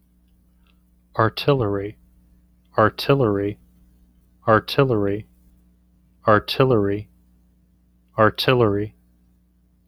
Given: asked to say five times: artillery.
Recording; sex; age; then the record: repeated word; male; 30 to 39 years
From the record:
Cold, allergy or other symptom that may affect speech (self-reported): no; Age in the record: 38 years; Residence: Kansas, United States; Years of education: 13